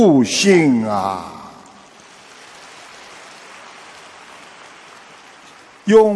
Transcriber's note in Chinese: 掌声